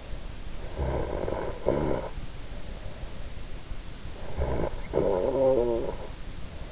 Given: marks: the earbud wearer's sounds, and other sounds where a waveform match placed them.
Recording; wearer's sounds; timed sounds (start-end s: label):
sounds in sleep by an in-ear microphone; snoring breath
0.38-3.18 s: snoring breath
4.09-6.72 s: snoring breath